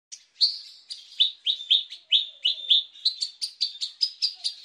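Horsfield's bushlark singing a lively stream of quick, high chirping notes repeated rapidly.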